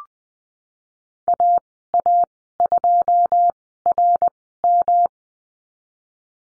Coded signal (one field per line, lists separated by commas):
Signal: Morse code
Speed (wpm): 20 wpm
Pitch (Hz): 700 Hz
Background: none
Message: AA2RM